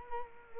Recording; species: mosquito wingbeat signal from an infrared sensor; Culex quinquefasciatus